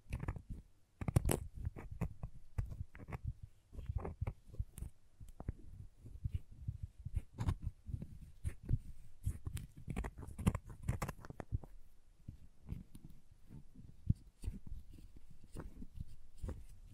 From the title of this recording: Crayons Tapping, Carving, Cutting, Drawing Sounds